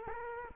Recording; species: mosquito wingbeat signal from an infrared sensor; Culex quinquefasciatus